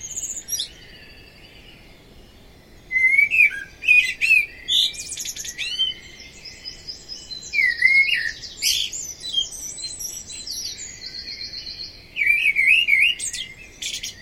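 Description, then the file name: Common blackbird singing after a brief high note and a quiet stretch, mellow whistled phrases running into thin, squeaky high flourishes, repeated in bursts with short pauses. "Amsel singt"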